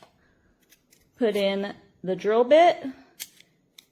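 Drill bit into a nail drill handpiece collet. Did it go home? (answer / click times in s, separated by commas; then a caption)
yes / 3.8 s. A drill bit is inserted into the collet of an ANBEISTEE 45,000 RPM electric nail drill handpiece, and the collet is turned closed. Someone talks from about 1.2 to 3.0 s over faint small handling ticks, then a short, sharp click at 3.8 s shows the bit locked into place.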